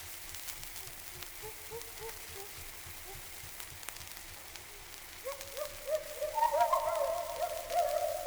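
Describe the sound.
Gibbon call: faint hoots at first, then a louder run of quick rising whoops.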